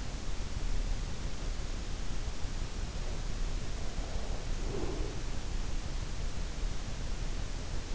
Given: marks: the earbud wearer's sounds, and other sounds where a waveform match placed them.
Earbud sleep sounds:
sounds in sleep by an in-ear microphone; breath
3.83-5.54 s: breath

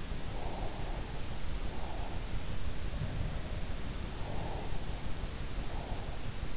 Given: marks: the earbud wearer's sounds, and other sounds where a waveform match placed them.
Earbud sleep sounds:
sounds in sleep by an in-ear microphone; breath
0.40-2.20 s: breath
2.91-4.81 s: sound from someone else or the room

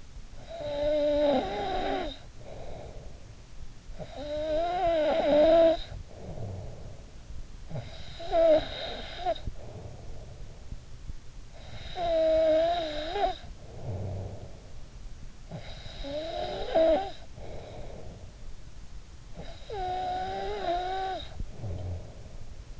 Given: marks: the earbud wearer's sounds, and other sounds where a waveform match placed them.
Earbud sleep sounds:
sounds in sleep by an in-ear microphone; snoring breath
0.00-3.40 s: snoring breath
3.66-22.80 s: snoring breath

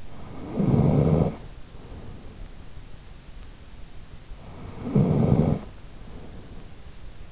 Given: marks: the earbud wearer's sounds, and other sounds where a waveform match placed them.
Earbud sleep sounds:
sounds in sleep by an in-ear microphone; snoring breath
0.00-2.90 s: snoring breath
4.68-7.00 s: snoring breath

